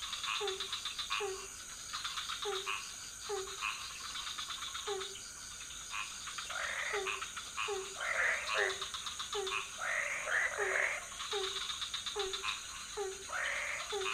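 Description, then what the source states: Frogs croaking: short notes repeated steadily, with bursts of louder trilled and rattling calls. Several frog species calling at night in a pond near a hotel in Ubud, Bali, Indonesia; recorded with Sony PCM D50, Rode NT4 and boompole.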